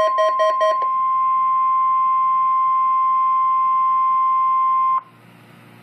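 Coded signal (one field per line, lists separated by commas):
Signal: Emergency Alert System (SAME) tones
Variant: 1050 Hz attention tone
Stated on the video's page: Required Weekly Test alert tones recorded with an HTC Evo 4G phone.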